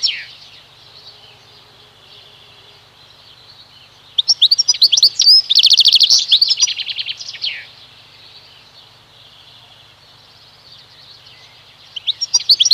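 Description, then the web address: European goldfinch song: a bright, rapid burst of tinkling twitters and buzzy trills lasting about three seconds, with brief fragments at the start and end, over quiet background. "Kurs PTTK Przyroda Ptaki Szczygieł"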